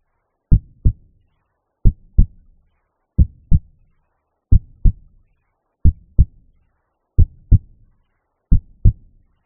Normal heart sounds S1 and S2.